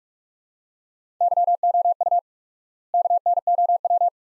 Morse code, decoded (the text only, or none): YOU KNOW